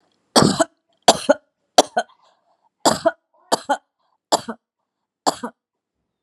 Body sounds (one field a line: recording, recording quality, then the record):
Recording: heavy voluntary cough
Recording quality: excellent, no background noise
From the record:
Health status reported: recovered from COVID-19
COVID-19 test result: positive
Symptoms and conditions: cold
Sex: female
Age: 42 years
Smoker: not ticked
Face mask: not worn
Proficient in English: yes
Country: India